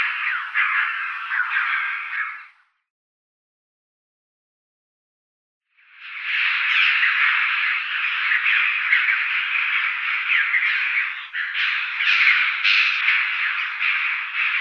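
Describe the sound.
Red-billed chough calling in a dense, continuous run of harsh, overlapping notes, broken by a few seconds of silence before the chattering resumes.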